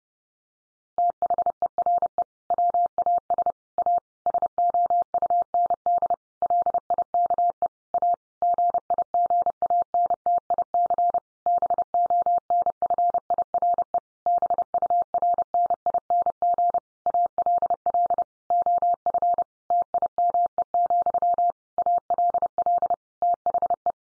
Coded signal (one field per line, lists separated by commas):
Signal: Morse code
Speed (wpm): 30 wpm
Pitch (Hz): 700 Hz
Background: none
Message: THERE WAS A SOUND LIKE A GIGANTIC BONFIRE BURNING ALL OF TIME, ALL THE